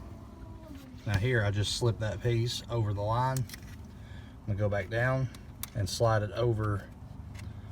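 A hand-throttle cable fitting on a Jeep ZJ is slid down over the line toward its bracket at the throttle body while someone talks. The part has not seated or clicked yet.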